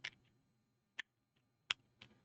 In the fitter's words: and the top of that tank that black o-ring is going to hold you in place there snaps right in